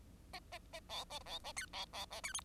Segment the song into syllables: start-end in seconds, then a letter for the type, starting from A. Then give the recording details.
0.33-0.39 A, 0.52-0.58 A, 0.73-0.80 A, 0.89-1.04 B, 1.26-1.39 B, 1.44-1.52 A, 1.56-1.66 C, 1.73-1.85 B, 1.93-2.06 B, 2.10-2.21 A, 2.23-2.33 C, 2.34-2.41 D. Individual Bird10